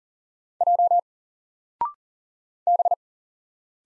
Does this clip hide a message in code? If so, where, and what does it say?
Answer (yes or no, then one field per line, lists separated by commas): yes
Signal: Morse code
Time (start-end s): 0.6-2.9 s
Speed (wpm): 40 wpm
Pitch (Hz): 700 Hz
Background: none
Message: J B